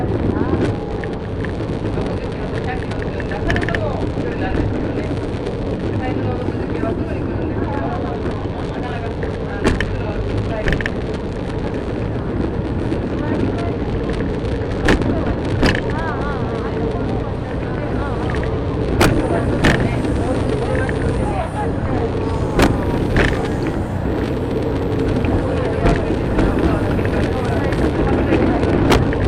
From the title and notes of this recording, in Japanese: 予土線しまんトロッコ2号 江川崎→土佐大正。8割方トロッコ車両は埋まっていました。案内人の話を聞きながらのんびりと走っていきますが、トンネル区間が多いので結構轟音だらけになります。また意外と風が冷たいです。